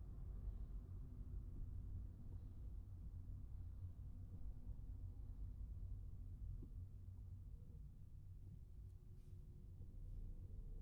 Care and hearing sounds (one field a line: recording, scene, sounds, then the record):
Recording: everyday scene through a hearing-aid microphone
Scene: in a vehicle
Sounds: engine, traffic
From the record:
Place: Skoda Fabia, gasoline engine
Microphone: behind the ear, right, front